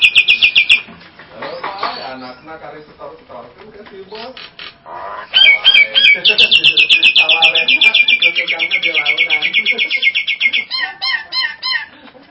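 Nias hill myna giving loud, varied calls: a short opening burst of bright notes, mixed lower chattering phrases, then a long rapid series of bright repeated notes slowly falling in pitch.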